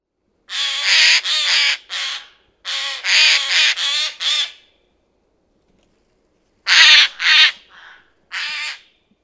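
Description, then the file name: Eurasian jay giving loud, grating screeches in tight groups separated by silences, with a softer rasp near the end. "Garrulus glandarius"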